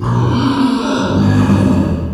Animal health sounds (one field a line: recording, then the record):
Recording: squeal of a Yucatan mini pig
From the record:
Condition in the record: after surgery on the right vocal fold (resection and tissue-engineered implant)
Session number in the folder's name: 15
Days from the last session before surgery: 175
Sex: female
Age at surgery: 19 weeks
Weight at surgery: 25 kg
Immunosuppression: prednisolone